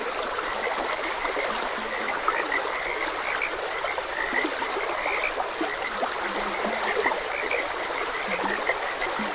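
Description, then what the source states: Frogs croak in a dense chorus, including several deep low drawn-out croaks in the second half, over a constant trickling stream. Frogs croaking beside a gentle stream.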